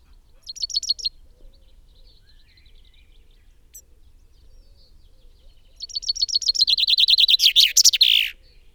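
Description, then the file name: Common chaffinch song: a brief opening burst of repeated notes, then a full phrase of bright repeated notes speeding into a descending trill that ends in a flourish. "Fringilla coelebs"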